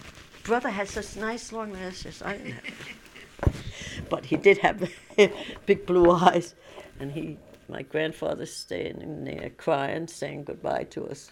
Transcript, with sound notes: Her brother had such nice long lashes." (laughs) But he did have big, blue eyes and he, my grandfather standing there crying saying goodbye to us.